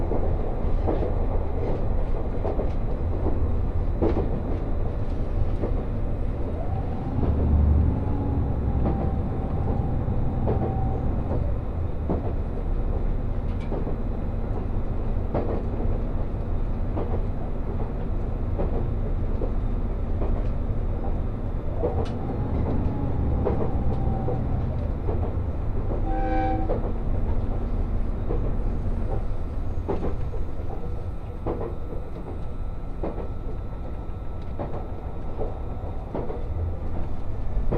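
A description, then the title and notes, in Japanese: Inside a train on the Gonō Line, a steady low rumble of wheels and motor fills the ride, loud and dense throughout. Faint rhythmic clicks and creaks recur, and around the middle a brief higher whine or squeal rises and fades. 五能線 深浦→岩館 リゾートしらかみ4号。深浦を出ると再び日本海を高い位置から眺めながら走っていきます。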